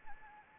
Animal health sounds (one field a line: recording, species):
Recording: mosquito wingbeat signal from an infrared sensor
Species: Anopheles gambiae